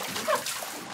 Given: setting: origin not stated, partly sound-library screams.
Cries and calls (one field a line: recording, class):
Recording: one-second piece from a danger detection set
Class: woman in danger